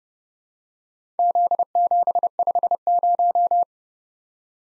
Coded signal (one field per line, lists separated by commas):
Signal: Morse code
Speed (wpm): 30 wpm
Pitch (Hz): 700 Hz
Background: none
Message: Z750